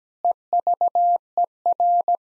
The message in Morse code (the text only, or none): EVER